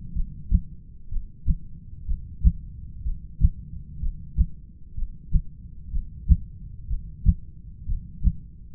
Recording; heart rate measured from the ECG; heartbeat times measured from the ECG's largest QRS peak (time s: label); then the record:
heart sounds by stethoscope; 62 bpm
0.14 s: heartbeat
1.09 s: heartbeat
2.06 s: heartbeat
3.03 s: heartbeat
4.00 s: heartbeat
4.95 s: heartbeat
5.91 s: heartbeat
6.88 s: heartbeat
7.87 s: heartbeat
From the record:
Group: heart failure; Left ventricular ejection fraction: 25%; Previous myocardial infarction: absent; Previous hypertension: absent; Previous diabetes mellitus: absent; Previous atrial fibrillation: absent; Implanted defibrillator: absent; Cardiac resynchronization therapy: absent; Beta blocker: metoprolol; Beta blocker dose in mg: 62.5 twice daily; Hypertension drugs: ramipril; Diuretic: furosemide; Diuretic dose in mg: 40 twice daily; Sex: male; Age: 57 years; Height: 180 cm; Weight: 90.5 kg